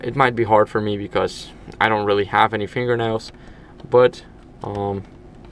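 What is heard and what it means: Someone talks while pushing a plastic SIM card with a fingertip into the spring-loaded SIM slot of a TCL Linkhub HH515L mobile router. The card is still being handled and has not seated or clicked yet; the click would show it was inserted correctly.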